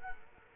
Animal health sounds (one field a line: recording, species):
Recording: mosquito wingbeat signal from an infrared sensor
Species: Culex quinquefasciatus